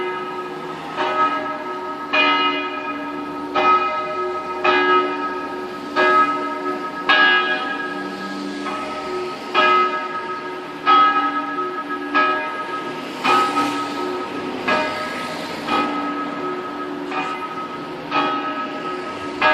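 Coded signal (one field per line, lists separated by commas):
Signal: bell signal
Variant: distesa, single middle bell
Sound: one swinging church bell striking steadily, about 16 strokes, ringing overtones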